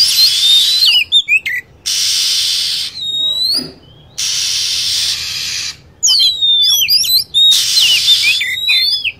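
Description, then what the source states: Shrill lovebird chirps come in quick clusters of downward-sweeping whistles between blocks of loud hiss. Lure sound for attracting lovebirds.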